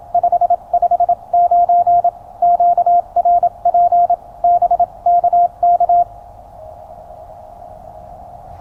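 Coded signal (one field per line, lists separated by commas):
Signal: Morse code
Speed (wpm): 27 wpm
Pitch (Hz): 700 Hz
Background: none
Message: 559 QRP BKK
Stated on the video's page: 20m CW from a QCX-mini transceiver with homemade paper clip paddle and 5m MFJ vertical whip, deployed in a forest during the QCX Monday Challenge.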